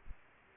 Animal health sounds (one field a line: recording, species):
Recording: mosquito wingbeat signal from an infrared sensor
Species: Aedes aegypti